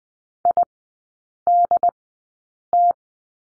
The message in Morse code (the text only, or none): IDT